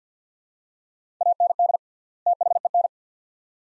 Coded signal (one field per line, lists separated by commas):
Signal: Morse code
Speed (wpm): 50 wpm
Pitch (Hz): 700 Hz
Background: none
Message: AND THEN